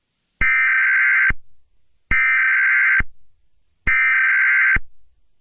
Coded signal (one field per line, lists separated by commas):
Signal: Emergency Alert System (SAME) tones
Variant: header bursts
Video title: EAS Scenario #12 | The Springtrap Killer | A FNAF Scenario